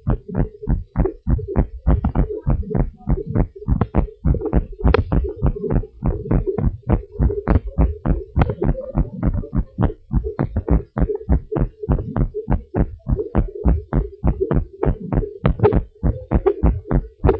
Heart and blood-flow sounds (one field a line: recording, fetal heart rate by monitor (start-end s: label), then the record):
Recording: heart sounds of a pregnant woman by stethoscope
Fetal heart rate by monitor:
no fetal heartbeat
From the record:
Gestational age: 35 weeks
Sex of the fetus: girl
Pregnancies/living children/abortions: 2/1/0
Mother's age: 29 years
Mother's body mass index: 25.2